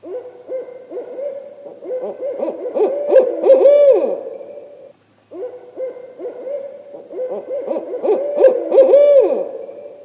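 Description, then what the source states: Barred Owl hooting, a run of rhythmic deep hoots ending in a drawn-out wavering note, given twice with a short silent break between. Female two-phrase hoot followed by male ascending hoot, played back from a CD recording.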